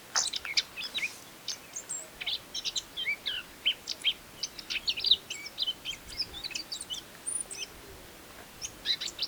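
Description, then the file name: Eurasian blackcap delivering a long, varied warble: bursts of rapid high chirps and whistled slurs broken by short pauses, steady throughout the recording. "Sylvia atricapilla"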